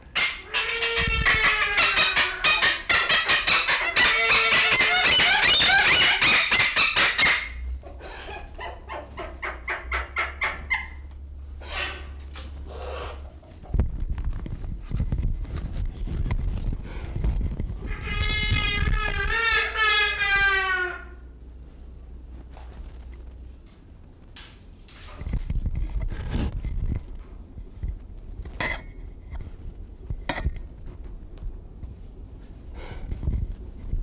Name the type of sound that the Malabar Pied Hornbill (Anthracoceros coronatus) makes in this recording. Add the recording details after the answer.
call. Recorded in captivity. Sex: male. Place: Zoo Berlin, Berlin, DE. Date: 1996-03-13 15:21. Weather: bedeckt, 2°C. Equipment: Sony WM-D6C, Sennheiser ME 80, Kopie Uher 4000 Report Monitor. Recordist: Tembrock, Günter